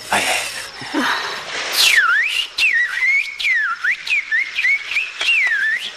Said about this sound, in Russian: Пытается свистнуть. Свистеть я никогда не умела.